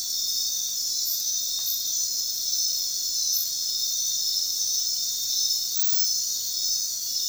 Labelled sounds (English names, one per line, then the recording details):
none
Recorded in dense forest near Puerto Asís, Putumayo, Colombia, on 18 February 2024 at 01:30
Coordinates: 0.466, -76.327
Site G6413